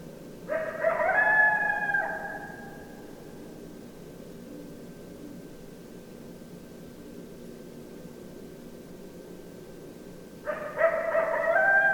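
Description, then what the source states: Coyote group howl, stacked sliding tones for roughly two seconds trailing into one long note, a quiet gap, then a fresh chorus of howls. Several coyotes, recorded 10 December 2012.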